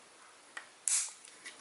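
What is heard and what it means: On a Generation Toy GT-01A Scraper transforming toy robot, a plastic guard rail is rotated back so its tab seats into a clip. A small tick at 0.6 s is followed by a sharp, bright click at 0.9 s, then a few faint ticks and handling sounds. The tab seats correctly into the clip with a clear click at 0.9 s.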